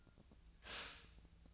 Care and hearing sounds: daily activity, microphone in the room; stop toaster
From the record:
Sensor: 2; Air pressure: 1009.1 hPa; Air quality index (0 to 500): 186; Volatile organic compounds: 11 ppm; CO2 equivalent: 2304 ppm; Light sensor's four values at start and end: 23/57/24/26 and 23/57/24/26

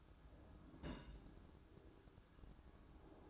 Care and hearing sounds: daily activity, microphone in the room; place on stove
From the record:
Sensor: 2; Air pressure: 1007.8 hPa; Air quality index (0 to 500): 104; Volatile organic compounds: 1 ppm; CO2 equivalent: 780 ppm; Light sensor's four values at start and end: 6/15/6/6 and 6/15/6/6

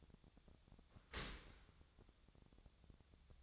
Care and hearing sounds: daily activity, microphone in the room; open dishwasher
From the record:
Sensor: 3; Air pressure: 1006.8 hPa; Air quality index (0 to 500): 206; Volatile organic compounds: 18 ppm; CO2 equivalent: 2626 ppm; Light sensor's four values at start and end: 11/25/10/10 and 10/25/10/10

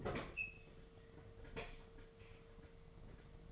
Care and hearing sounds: daily activity, microphone in the room; open fridge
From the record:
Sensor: 4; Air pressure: 1015.9 hPa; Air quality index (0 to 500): 191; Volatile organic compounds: 10 ppm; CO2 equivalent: 2209 ppm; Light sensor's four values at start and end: 17/40/17/18 and 13/29/12/14

